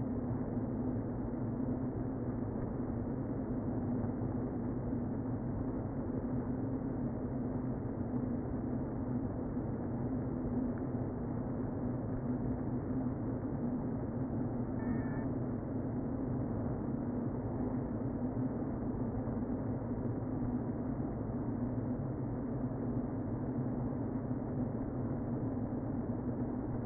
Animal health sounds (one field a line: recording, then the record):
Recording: honeybee colony, microphone inside the hive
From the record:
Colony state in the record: queen present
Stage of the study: before two queens were removed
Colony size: about 60,000 bees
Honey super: yes